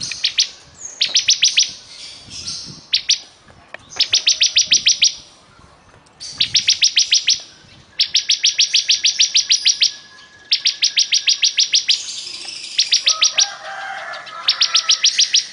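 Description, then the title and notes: Bar-winged prinia song: fast, high, rattling bursts of repeated notes, returning again and again with gaps between. Ciblek described as gacor (singing constantly and vigorously). "Ciblek Durasi Panjang 2. Suara Burung Ciblek Gacor"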